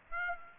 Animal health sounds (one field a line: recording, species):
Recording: mosquito wingbeat signal from an infrared sensor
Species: Aedes aegypti